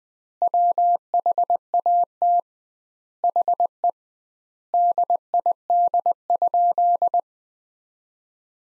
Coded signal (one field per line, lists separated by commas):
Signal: Morse code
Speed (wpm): 20 wpm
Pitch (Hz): 700 Hz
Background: none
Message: WHAT HE DID?